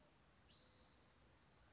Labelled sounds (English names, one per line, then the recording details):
Spotted Towhee
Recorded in Sonoma County, California